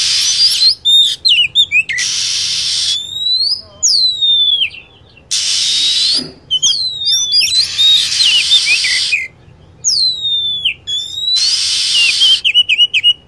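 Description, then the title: Lovebird calls, with harsh, hissy chatter blocks broken by quick high whistles that slide downward, several in fast succession, in an uneven rhythm. Lure sound used to attract lovebirds. "PIKAT BURUNG LOVEBIRD"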